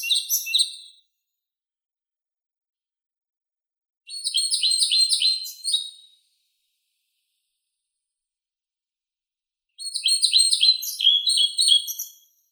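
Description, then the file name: European pied flycatcher repeating short phrases of high, rhythmic notes, separated by pauses of about three to four seconds. "Ficedula hypoleuca"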